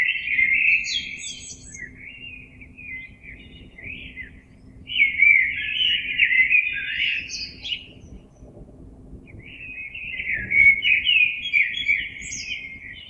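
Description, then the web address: Common blackbird song: three long, mellow warbling phrases with thin high squeaky notes, over a faint steady low hum. Recorded 26 April 2022. "oiseaux Merle 2022 04 26"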